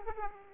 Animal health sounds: mosquito wingbeat signal from an infrared sensor; Aedes aegypti

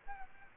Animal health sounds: mosquito wingbeat signal from an infrared sensor; Aedes aegypti

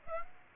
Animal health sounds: mosquito wingbeat signal from an infrared sensor; Aedes aegypti

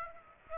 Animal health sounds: mosquito wingbeat signal from an infrared sensor; Aedes aegypti

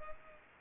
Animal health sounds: mosquito wingbeat signal from an infrared sensor; Culex pipiens

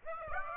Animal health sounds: mosquito wingbeat signal from an infrared sensor; Aedes aegypti

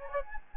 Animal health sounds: mosquito wingbeat signal from an infrared sensor; Anopheles gambiae

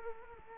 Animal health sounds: mosquito wingbeat signal from an infrared sensor; Culex quinquefasciatus

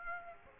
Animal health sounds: mosquito wingbeat signal from an infrared sensor; Aedes aegypti

